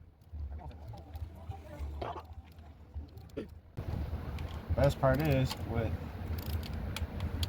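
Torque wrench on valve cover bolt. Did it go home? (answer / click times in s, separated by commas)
yes / 7.4 s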